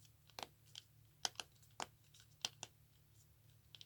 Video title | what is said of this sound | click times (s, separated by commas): How To Use Bulk Herbs and a Capsule Machine to Make Your Health Journey Financially Sustainable | and you can hear them snapping i think hopefully that is picking up from the mic | 0.4 s, 1.3 s, 1.4 s, 1.8 s, 2.4 s, 2.6 s